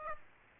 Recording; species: mosquito wingbeat signal from an infrared sensor; Aedes aegypti